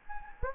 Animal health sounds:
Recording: mosquito wingbeat signal from an infrared sensor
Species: Anopheles gambiae

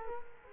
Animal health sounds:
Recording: mosquito wingbeat signal from an infrared sensor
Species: Culex quinquefasciatus

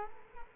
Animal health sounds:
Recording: mosquito wingbeat signal from an infrared sensor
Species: Culex quinquefasciatus

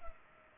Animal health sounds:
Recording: mosquito wingbeat signal from an infrared sensor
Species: Culex pipiens

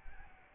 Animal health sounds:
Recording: mosquito wingbeat signal from an infrared sensor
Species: Aedes albopictus

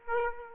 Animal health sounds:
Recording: mosquito wingbeat signal from an infrared sensor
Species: Aedes aegypti

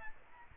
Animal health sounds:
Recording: mosquito wingbeat signal from an infrared sensor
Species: Aedes albopictus

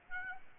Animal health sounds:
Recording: mosquito wingbeat signal from an infrared sensor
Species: Aedes albopictus

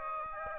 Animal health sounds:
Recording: mosquito wingbeat signal from an infrared sensor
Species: Aedes aegypti

